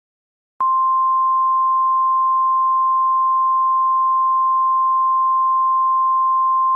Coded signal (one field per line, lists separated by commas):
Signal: Emergency Alert System (SAME) tones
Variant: 1050 Hz attention tone